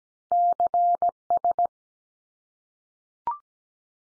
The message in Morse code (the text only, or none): CS